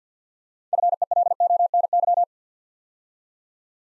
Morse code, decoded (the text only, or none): FELONY